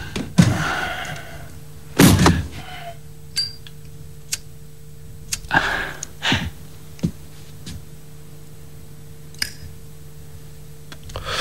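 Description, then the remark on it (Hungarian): A door swings shut with a solid thunk, followed by a few scattered clicks and soft knocks over a steady low hum, with no one speaking. “Tudja, becsukná az ajtót, hadd aludjanak a szüleim.”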